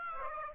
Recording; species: mosquito wingbeat signal from an infrared sensor; Aedes aegypti